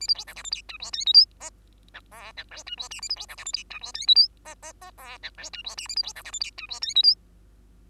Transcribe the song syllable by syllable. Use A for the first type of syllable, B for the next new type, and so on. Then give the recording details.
A B C D E F G H I J K L M N O N P H I Q A B C D E F G H I J K L M M M O N P H I Q A B C D E F G H I J K L. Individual Bird2